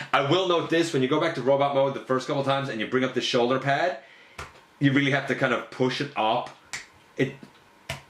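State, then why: Seated. Someone talks while pushing up the plastic shoulder pad on the torso of a Transformers WFC Kingdom Optimus Primal figure as it returns to robot mode. The pad ratchets with a sharp click at 7.9 s and locks in place, though it feels uncomfortable the first time.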